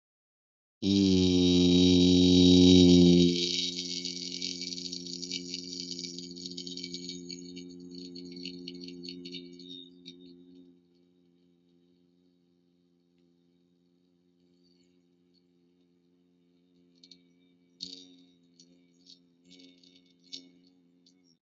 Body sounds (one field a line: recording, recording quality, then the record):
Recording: sustained vowel as in beet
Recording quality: excellent, no background noise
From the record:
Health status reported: healthy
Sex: male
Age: 52 years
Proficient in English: yes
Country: India